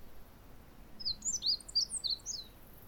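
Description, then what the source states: Meadow bunting song: a quick jumble of high, sharp twittering notes packed into about a second and a half, with a faint steady hiss behind it. Song recorded in June.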